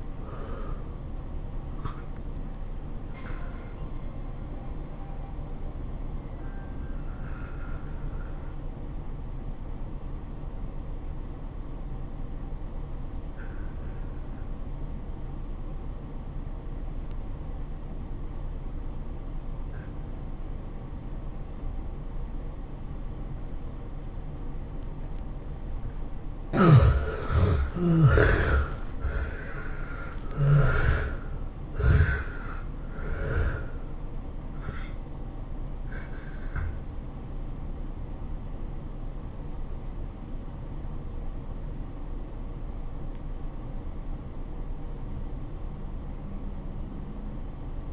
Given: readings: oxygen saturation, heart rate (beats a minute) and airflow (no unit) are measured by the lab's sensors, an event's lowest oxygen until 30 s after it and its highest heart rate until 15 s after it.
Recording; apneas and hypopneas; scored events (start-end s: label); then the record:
breathing in sleep by a smartphone at the bedside; 1
3.00-27.80 s: hypopnea (N2, oxygen 94% highest, then 73% lowest, heart rate 108 at the start, 108 highest)
26.00-47.93 s: new sleep stage, N1 (lightest sleep)
From the record:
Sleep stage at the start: N2 (light sleep); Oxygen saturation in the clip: 72 to 94%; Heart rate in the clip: 80 to 108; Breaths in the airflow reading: 6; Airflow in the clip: -17.2 to 21.0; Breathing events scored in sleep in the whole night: 403 in 5.5 hours asleep